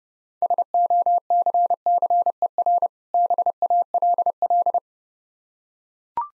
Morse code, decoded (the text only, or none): SOCCER BALL